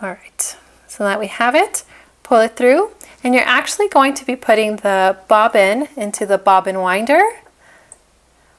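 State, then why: Seated. A plastic bobbin is pushed down onto the bobbin winder spindle of a Singer 3232 sewing machine while someone talks. It seats with a short, sharp click at 7.9 s, heard just after the talking stops.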